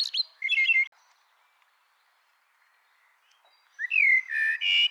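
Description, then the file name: Common blackbird song, a short burst of chirpy notes, then after a quiet gap of almost three seconds a phrase of rich whistled and chirpy notes. "Turdus merula"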